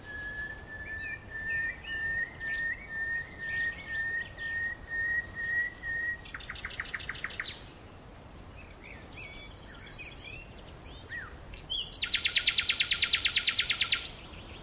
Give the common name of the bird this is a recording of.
Common Nightingale